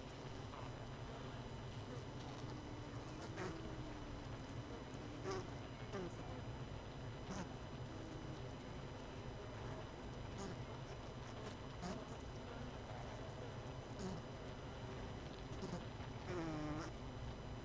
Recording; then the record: honeybee colony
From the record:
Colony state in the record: missing queen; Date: 31 May 2018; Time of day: 18:29